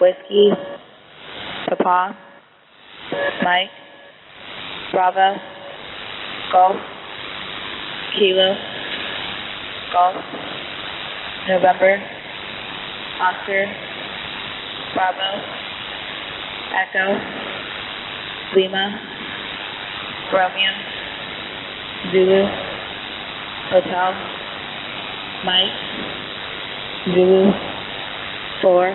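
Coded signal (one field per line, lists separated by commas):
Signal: coded military voice message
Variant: HFGCS Emergency Action Message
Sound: male voice reading phonetic alphabet letters slowly, one every second or two, over radio hiss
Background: radio static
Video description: U.S. Air Force High Frequency Global Communications System Emergency Action Message.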